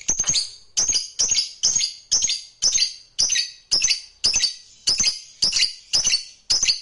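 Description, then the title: Lovebird giving sharp high chirps in short bursts, repeated roughly every half second throughout. Fighter lovebird. "Begitu Dengar Suara Lovebird FIGHTER NGEKEK PANJANG"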